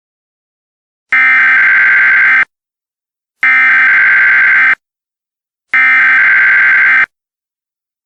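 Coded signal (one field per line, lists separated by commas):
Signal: Emergency Alert System (SAME) tones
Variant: header bursts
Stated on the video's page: Fictional EAS scenario, simulated alert.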